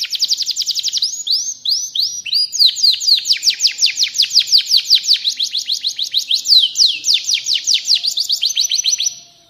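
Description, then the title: Atlantic canary song, a continuous run of rapid sweeping notes in repeated trill phrases. Canary of the F1 type; song described as gacor, meaning singing loudly and continuously. "Suara Kenari F 1 Gacor"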